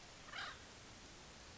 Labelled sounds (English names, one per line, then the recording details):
Acorn Woodpecker
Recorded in Sonoma County, California